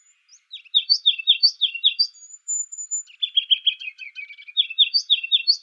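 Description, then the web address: Ruby-crowned kinglet calling in a rapid run of high, sharp chirps, paired slurred notes repeated nearly twice a second, briefly broken by a thin sustained whistle midway. Recorded in Arizona. "Kinglets RCKI 061704. deviche"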